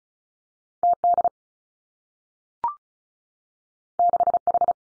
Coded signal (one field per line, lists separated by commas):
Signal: Morse code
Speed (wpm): 36 wpm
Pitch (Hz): 700 Hz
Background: none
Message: T D 6 H